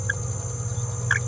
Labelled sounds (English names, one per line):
Green-rumped Parrotlet babbling